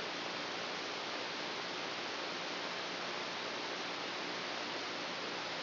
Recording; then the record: brain microelectrode recording played as sound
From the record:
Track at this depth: inside the subthalamic nucleus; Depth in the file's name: 1.727 mm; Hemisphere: right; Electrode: 2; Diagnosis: Parkinson's disease